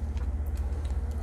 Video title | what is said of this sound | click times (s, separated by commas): Ghostbusters Plasma Series Vinz Clortho - Hasbro Build a Ghost | think goes there and it didn't click either then this leg | none